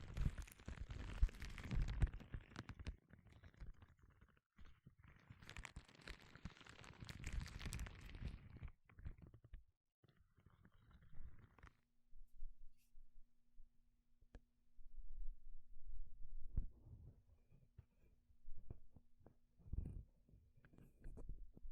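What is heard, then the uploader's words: Gloves being handled, with bursts of rubbing and crinkling from the start to around nine seconds, then softer, quieter movement. After about twelve seconds a steady low hum sits underneath scattered light rustles and a few firmer thumps near seventeen and twenty seconds. 5 different GLOVES Sounds. (No Talking).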